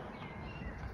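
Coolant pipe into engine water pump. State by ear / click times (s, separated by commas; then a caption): not seated / none. A metal coolant pipe is guided by hand toward the engine's water pump port, out of sight, producing low, steady handling noise with no distinct impacts. Nothing has seated or clicked yet; the clip ends just before the pipe slides home into the water pump.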